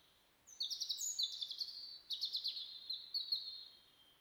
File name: Erithacus rubecula